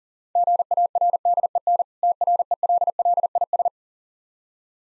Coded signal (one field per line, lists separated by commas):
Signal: Morse code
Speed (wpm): 41 wpm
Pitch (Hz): 700 Hz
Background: none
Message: GARDEN TRELLIS